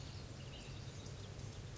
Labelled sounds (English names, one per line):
Ash-throated Flycatcher